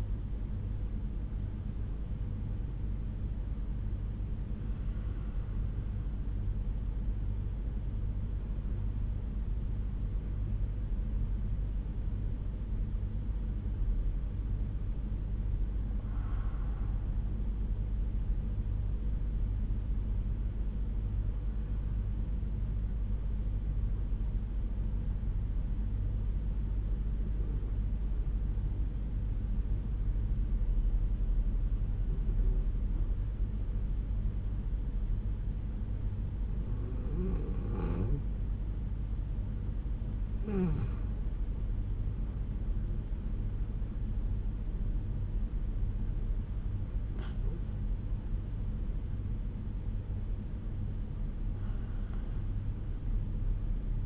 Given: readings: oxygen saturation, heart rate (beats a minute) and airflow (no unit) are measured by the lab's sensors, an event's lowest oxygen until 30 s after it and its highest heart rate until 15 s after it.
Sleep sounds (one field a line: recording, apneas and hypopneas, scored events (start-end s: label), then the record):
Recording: breathing in sleep by a smartphone at the bedside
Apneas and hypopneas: 1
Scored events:
17.00-39.50 s: hypopnea (N2, oxygen 97% highest, then 90% lowest, heart rate 65 at the start, 73 highest)
From the record:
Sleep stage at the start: N2 (light sleep)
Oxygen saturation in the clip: 92 to 97%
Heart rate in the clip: 60 to 73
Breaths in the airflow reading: 10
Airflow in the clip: -7.6 to 8.0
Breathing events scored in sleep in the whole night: 368 in 8.0 hours asleep